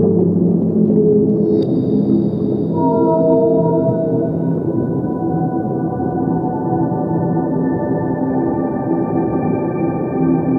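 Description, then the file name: Whale song: long, sustained tonal moans in steady layered bands over a continuous low rumbling wash. "Sleep Waves Nature Sound Collection - Amazing Whales Song"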